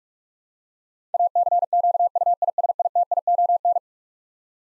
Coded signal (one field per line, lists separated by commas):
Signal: Morse code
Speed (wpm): 46 wpm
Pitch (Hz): 700 Hz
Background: none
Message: ACQUISITION